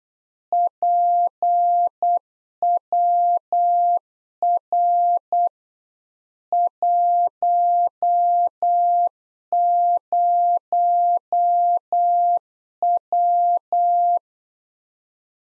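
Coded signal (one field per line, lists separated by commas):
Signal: Morse code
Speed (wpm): 8 wpm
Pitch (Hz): 700 Hz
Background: none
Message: PWR 10W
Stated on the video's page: Practice QSO lesson at 8 wpm, one side of a complete exchange; each segment sent in Morse, spoken, then sent again.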